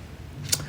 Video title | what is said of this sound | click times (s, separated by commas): episode 77 | Nope. It just makes that. You hear that clicking noise? That's the type settling into the metal composing stick. | 0.5 s